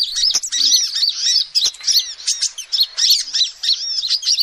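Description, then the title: Lovebird giving fast, high squeaky chirps and short shrill notes run together in an unbroken chatter, with a couple of clicks. Used as a lure (pikat) to trap birds. "PIKAT BURUNG LOVEBIRD"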